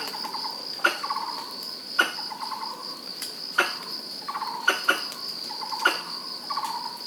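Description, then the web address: Pallas's squirrel chattering: several short bursts of rapid pulsed notes, with sharp clicks, over a steady high whine. Recorded in Pingtung, Taiwan, on 19 March 2017. "koe kurihararisu 20170319 taiwanheitou hayashinoriko"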